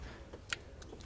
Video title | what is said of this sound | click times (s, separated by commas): Protecting Your Mercedes ECU from a $10,000 Issue - Oil in Wiring Harness | in then you come around to the front of the sensor and you're going to do the exact same thing push down till it clicks and then | 0.5 s, 0.8 s